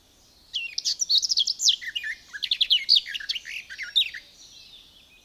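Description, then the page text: Garden warbler song: a fast, rich, warbling stream of varied notes lasting about four seconds, then fading to quiet. "Звуки птиц - Садовая славка"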